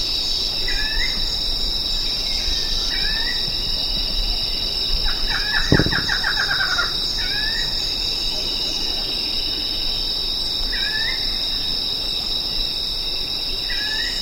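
Bird calls: short rising notes every few seconds and one descending rattling trill midway, over a loud constant buzzing insect drone.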